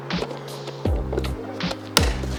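A carbon fiber mirror cap for a BMW M2, M3 or M4 (G80, G82, G87) is lined up with the plastic channel on the side mirror housing and pushed on by hand. Soft handling and rubbing noises come first, with a dull knock at 0.1 s. A sharp click at 2.0 s marks the clips snapping in and the cap seating.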